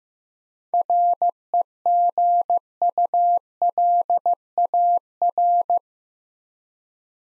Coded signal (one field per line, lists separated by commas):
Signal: Morse code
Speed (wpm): 15 wpm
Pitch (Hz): 700 Hz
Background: none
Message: REGULAR